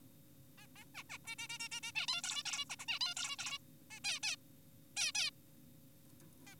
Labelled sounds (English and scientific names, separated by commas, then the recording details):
Zebra Finch (Taeniopygia guttata)
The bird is an adult
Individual g4p5U